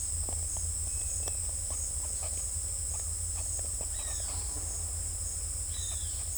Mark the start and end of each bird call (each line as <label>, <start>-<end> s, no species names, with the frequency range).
bird call (1.3-4.7 kHz), 3.91-4.30 s
bird call (1.3-4.7 kHz), 5.70-6.12 s